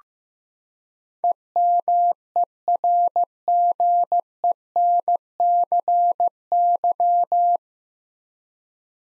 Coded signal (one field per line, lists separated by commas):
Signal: Morse code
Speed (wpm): 15 wpm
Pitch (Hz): 700 Hz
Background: none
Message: EMERGENCY